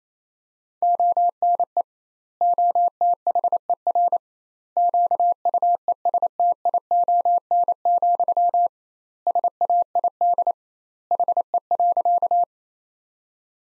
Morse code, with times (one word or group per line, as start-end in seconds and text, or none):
0.8-1.8 ONE
2.4-4.2 OTHER
4.8-8.7 QUESTION,
9.3-10.5 SAID
11.1-12.4 HE.